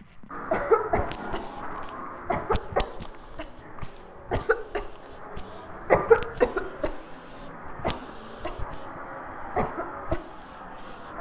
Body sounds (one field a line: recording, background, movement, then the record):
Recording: voluntary coughing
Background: traffic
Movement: walking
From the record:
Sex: female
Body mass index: 18.8 kg/m2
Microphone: on the chest, facing the body